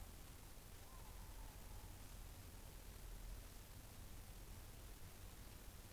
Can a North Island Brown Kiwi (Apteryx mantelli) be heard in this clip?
no